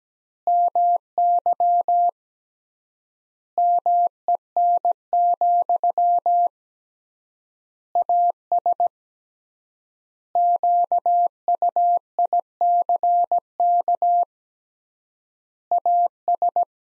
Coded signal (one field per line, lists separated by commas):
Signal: Morse code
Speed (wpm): 17 wpm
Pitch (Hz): 700 Hz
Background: none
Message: MY MEN, AS QUICK AS